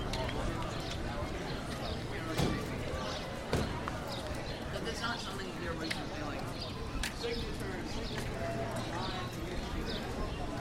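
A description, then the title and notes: A walk through Eastern Market on Capitol Hill, with a steady crowd murmur of overlapping voices filling the scene. Sharp knocks stand out near the two-, three- and a half-second marks, and lighter clicks and taps, like hooves or footsteps, recur throughout under a low hum. Sounds of Eastern Market and Capitol Hill. A walk through Capitol Hill to pick up a baguette at Eastern Market.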